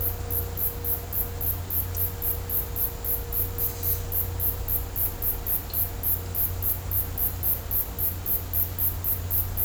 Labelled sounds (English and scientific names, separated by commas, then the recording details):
none
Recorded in dense forest near Puerto Asís, Putumayo, Colombia, on 22 December 2024 at 14:30
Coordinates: 0.503, -76.323
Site G043